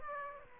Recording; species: mosquito wingbeat signal from an infrared sensor; Aedes aegypti